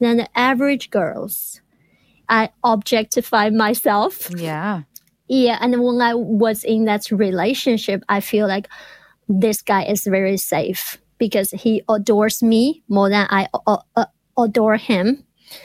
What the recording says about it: I feel like when I transform my shame towards my stuttering. We didn't have this open communication about my stuttering. He just commented, "Why you cannot talk sometimes?".